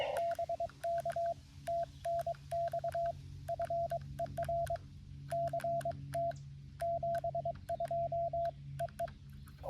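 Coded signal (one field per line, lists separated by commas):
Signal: Morse code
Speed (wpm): 22 wpm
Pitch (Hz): 680 Hz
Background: radio noise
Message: BK TNX FER CT 72 EE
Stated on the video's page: Morse code POTA activation from a wildlife management area, calling CQ on a Xiegu G90 with an end-fed 40-10m antenna.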